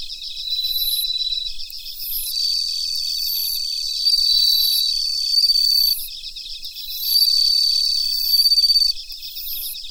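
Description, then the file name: Bell cricket calling within a chorus of crickets: rapid high pulses, stretches of sustained ringing tone, and repeating short bright bursts over a steady trill. Recorded together with Mitsukado cricket. "Suzumushi Mitsukado"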